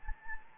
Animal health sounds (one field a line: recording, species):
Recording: mosquito wingbeat signal from an infrared sensor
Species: Anopheles gambiae